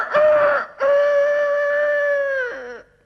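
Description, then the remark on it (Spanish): A person imitates the crow of a blind rooster waking up and flapping its wings: a short loud first note, a brief break, then a long sustained, strained cry that wavers and drops in pitch at the end. “Entonces, normalmente el gallo, cuando se despertaba, empezaba a aletear con la sala y hacía.”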